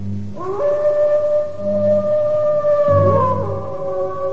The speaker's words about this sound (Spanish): Pasadas las 2 de la madrugada, el perro comenzó a aullar lastimeramente.